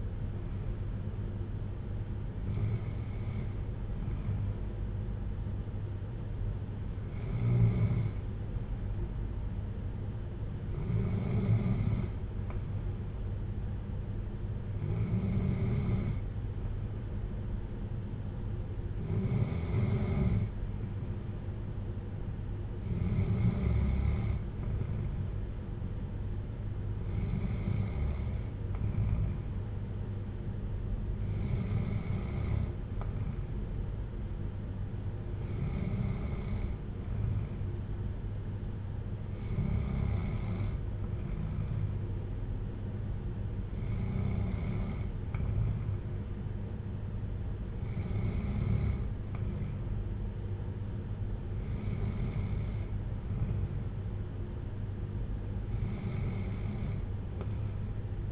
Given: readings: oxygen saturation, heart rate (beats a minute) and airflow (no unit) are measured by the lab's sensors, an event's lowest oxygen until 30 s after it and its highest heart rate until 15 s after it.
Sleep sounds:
breathing in sleep by a smartphone at the bedside; none
none scored
From the record:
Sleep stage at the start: N2 (light sleep); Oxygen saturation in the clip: 93 to 95%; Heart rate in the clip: 55 to 60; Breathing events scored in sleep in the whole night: 310 in 8.1 hours asleep

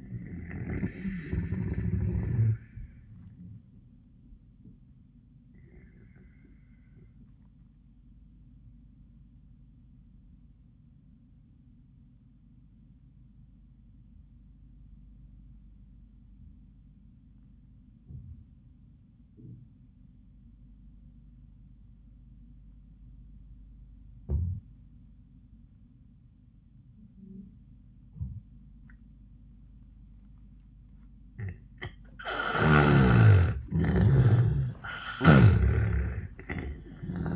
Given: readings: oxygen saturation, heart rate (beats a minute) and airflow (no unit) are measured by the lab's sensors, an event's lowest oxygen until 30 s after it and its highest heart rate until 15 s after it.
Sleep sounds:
breathing in sleep by a smartphone at the bedside; 1
9.00-31.90 s: obstructive apnea (N1, oxygen 96% highest, then 79% lowest, heart rate 89 at the start, 93 highest)
15.00-37.35 s: new sleep stage, N2 (light sleep)
From the record:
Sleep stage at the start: N1 (lightest sleep); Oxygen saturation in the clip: 80 to 96%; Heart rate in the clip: 73 to 96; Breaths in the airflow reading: 3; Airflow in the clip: -13.2 to 9.6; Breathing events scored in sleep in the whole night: 400 in 8.7 hours asleep

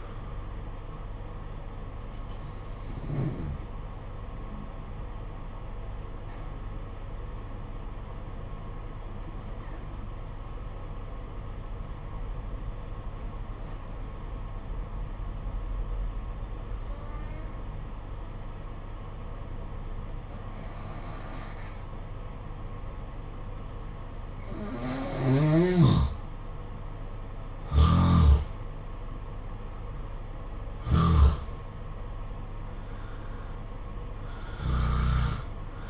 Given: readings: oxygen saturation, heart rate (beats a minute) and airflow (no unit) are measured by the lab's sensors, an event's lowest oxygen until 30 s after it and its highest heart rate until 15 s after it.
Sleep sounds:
breathing in sleep by a smartphone at the bedside; 1
4.00-24.70 s: obstructive apnea (N2, oxygen 95% highest, then 87% lowest, heart rate 52 at the start, 67 highest)
From the record:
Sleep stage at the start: N2 (light sleep); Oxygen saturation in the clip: 86 to 95%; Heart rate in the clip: 52 to 67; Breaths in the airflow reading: 5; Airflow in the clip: -7.0 to 9.0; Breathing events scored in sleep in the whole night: 476 in 9.7 hours asleep

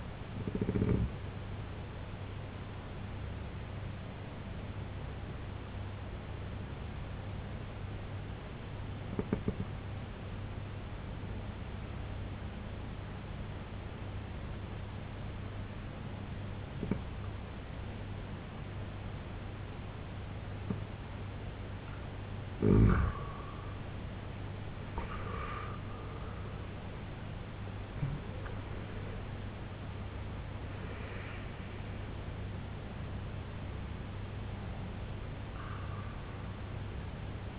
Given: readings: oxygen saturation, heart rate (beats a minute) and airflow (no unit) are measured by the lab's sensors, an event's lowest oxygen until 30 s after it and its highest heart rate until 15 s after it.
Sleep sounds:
breathing in sleep by a voice recorder at the bedside; 1
7.00-22.60 s: obstructive apnea (N2, oxygen 94% highest, then 85% lowest, heart rate 70 at the start, 97 highest)
28.00-37.59 s: new sleep stage, N1 (lightest sleep)
From the record:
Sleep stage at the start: N2 (light sleep); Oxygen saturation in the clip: 87 to 94%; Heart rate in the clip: 66 to 97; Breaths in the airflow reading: 4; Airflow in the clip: -12.3 to 11.8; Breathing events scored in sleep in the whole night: 258 in 7.4 hours asleep

